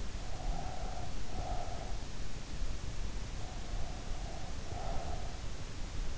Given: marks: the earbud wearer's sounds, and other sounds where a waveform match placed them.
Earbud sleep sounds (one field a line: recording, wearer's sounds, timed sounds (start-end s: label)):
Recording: sounds in sleep by an in-ear microphone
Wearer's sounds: breath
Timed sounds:
0.00-2.32 s: breath
3.03-5.29 s: breath